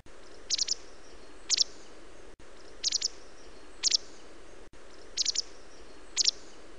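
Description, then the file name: White wagtail calls: a short group of thin, high chips followed a second later by a sharper note, the pattern repeating three times over a hissy background. "barázdabillegető"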